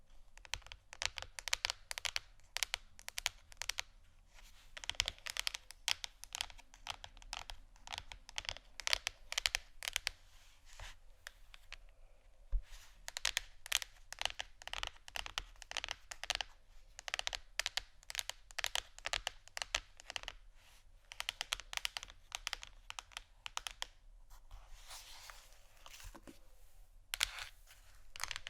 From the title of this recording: ASMR Scratching & Tapping On Canisters